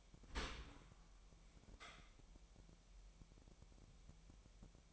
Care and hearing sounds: daily activity, microphone in the room; open dishwasher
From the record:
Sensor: 1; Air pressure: 998.5 hPa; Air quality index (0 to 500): 136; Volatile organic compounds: 4 ppm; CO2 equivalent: 1625 ppm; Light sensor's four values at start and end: 17/57/23/23 and 17/57/23/23

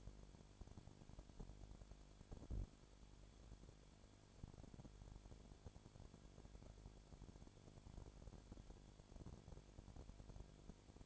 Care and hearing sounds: daily activity, microphone in the room; no activity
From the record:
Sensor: 5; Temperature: 20.2 degrees Celsius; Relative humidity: 36.5%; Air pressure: 1001.2 hPa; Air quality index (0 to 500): 177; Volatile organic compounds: 4 ppm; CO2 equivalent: 1612 ppm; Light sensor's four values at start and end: 2/3/1/1 and 2/3/1/1

